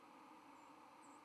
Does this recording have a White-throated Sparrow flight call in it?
yes